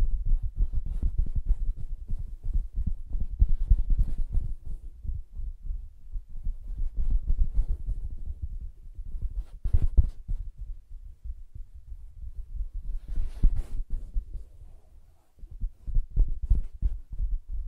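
Soft fingertip tapping and scratching on a fabric surface, mostly dull low thumps in irregular clusters with brief brushing rasps. Brighter scratchy strokes stand out near 10 and 13–14 seconds, a short near-silent gap falls around 15 seconds, and tapping resumes after.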